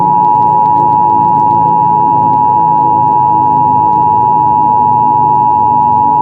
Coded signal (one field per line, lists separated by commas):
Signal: Emergency Alert System (SAME) tones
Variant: 853 and 960 Hz attention tone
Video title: EAS Scenario: Nuclear Attack II